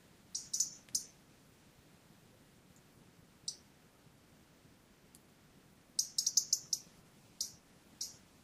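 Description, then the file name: European robin giving short, sharp high ticking calls in scattered bursts, with a quick cluster of four or five notes near the end, over a quiet low hiss. "Erithacus rubecula"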